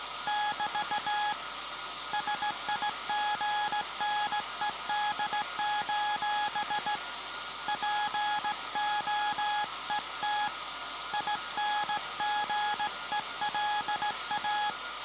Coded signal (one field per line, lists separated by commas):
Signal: Morse code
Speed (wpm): 17 wpm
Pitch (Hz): 840 Hz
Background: none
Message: <BT> SIGNED: POET INGELA